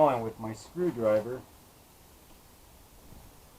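Someone talks for about the first 1.5 seconds while using a screwdriver to push the spring-loaded retaining pin on one side of an aluminium-framed window screen up into the window frame track. The rest is quiet handling, and nothing has seated or clicked yet.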